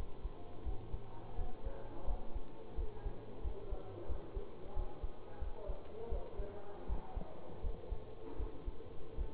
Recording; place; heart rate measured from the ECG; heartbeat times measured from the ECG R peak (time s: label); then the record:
heart sounds by stethoscope; between the tricuspid and mitral areas; 85 bpm
0.64 s: heartbeat
1.36 s: heartbeat
2.06 s: heartbeat
2.76 s: heartbeat
3.42 s: heartbeat
4.07 s: heartbeat
4.74 s: heartbeat
5.40 s: heartbeat
6.10 s: heartbeat
6.87 s: heartbeat
7.62 s: heartbeat
8.37 s: heartbeat
9.16 s: heartbeat
From the record:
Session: bicycle stress test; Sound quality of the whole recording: good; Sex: male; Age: 24 years